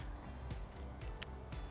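A retaining lock wedge is handled at the power-side Deutsch connector during a Lenco Pro Control Auto installation, giving a few faint ticks over a steady low hum. The loudest is a brief tick near 1.5 s. The clip ends before the lock goes home, and nothing has seated or clicked yet.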